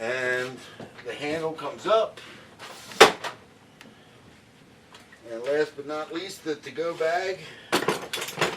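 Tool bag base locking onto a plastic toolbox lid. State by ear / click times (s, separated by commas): seated / 8.1 s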